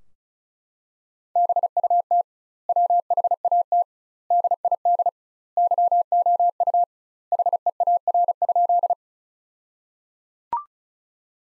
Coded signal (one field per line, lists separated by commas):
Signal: Morse code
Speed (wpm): 36 wpm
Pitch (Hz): 700 Hz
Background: none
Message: BUT WHAT DID YOU HEAR?